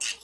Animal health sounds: pig call; piglet (1 to 25 days)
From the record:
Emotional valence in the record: negative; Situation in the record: castration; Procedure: castration, cut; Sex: male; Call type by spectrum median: high-frequency call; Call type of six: low-frequency tonal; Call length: 0.24 s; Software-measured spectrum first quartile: 3103 Hz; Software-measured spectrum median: 5113 Hz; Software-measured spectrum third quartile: 7234 Hz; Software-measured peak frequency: 2689 Hz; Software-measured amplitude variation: 152 dB a second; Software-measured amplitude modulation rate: 14.7 a second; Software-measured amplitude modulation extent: 10.4 dB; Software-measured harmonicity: -0.8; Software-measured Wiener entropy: -1.37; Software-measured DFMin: 500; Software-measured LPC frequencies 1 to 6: 1881, 2773, 3848, 4704, 5523, 6339 Hz

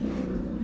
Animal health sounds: pig call; growing-finishing pig (85 days or more)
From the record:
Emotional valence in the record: negative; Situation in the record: barren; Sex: female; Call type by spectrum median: low-frequency call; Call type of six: low-frequency stable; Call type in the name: low-frequency stable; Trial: 3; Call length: 0.65 s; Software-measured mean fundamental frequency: 63 Hz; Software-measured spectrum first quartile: 171 Hz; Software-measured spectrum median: 248 Hz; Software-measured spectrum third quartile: 388 Hz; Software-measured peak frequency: 219 Hz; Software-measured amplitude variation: 160 dB a second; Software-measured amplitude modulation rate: 29.4 a second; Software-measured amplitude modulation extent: 5.5 dB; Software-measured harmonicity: 3.0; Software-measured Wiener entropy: -0.41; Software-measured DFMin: 1337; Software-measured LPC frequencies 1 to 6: 303, 3535, 4287, 5688, 6531, 7212 Hz

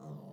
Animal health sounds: pig call; piglet (1 to 25 days)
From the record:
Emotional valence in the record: negative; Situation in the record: short isolation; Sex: female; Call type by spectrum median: low-frequency call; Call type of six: low-frequency stable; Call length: 0.33 s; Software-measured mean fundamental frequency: 49 Hz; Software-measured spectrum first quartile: 160 Hz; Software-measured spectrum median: 254 Hz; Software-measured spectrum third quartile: 600 Hz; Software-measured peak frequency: 160 Hz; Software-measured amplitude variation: 113 dB a second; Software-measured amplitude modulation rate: 24.2 a second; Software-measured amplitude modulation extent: 4.7 dB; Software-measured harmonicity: 2.2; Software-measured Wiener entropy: -0.02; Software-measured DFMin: 932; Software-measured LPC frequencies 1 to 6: 3165, 3715, 4667, 6464, 7744, 8999 Hz

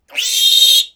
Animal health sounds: pig call; piglet (1 to 25 days)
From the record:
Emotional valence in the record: negative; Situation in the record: restrain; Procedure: back test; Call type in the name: high-frequency call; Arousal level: medium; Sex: female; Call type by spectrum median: high-frequency call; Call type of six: high-frequency stable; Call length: 0.95 s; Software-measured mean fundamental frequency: 401 Hz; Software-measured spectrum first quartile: 3569 Hz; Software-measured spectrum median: 4124 Hz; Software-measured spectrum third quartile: 7069 Hz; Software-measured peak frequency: 3712 Hz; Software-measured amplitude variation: 186 dB a second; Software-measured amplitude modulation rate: 22.6 a second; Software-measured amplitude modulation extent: 8.2 dB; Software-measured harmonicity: 7.2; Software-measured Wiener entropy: -3.40

